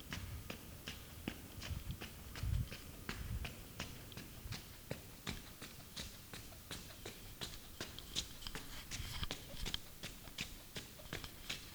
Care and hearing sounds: daily activity, guitar pickup as the sensor; run

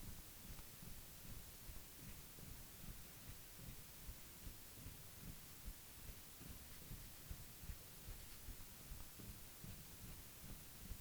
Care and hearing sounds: daily activity, guitar pickup as the sensor; jump

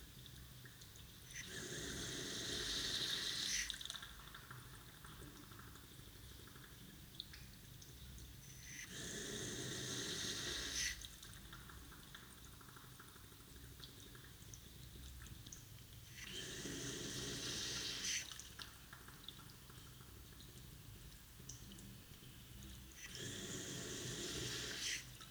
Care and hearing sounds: daily activity, guitar pickup as the sensor; flush

